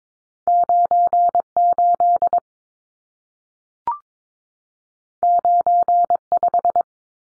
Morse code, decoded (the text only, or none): 98 95